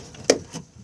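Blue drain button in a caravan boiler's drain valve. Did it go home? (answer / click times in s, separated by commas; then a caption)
yes / 0.3 s. The blue button on the drain valve of a 2018 Caravelair Antares 496 caravan's boiler is twisted and pushed back in to close the valve. One sharp click at 0.3 s is followed by a fainter knock around 0.55 s. The button locks back into place, seated.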